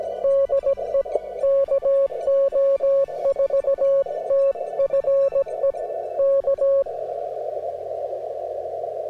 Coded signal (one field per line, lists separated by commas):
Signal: Morse code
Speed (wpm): 17 wpm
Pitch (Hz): 560 Hz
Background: music, radio noise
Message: DE KO4TFE K